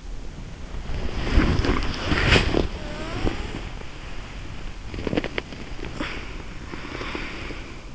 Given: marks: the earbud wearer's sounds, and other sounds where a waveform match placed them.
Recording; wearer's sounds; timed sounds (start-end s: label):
sounds in sleep by an in-ear microphone; body movement, talking in sleep
0.39-7.95 s: body movement
2.84-3.63 s: talking in sleep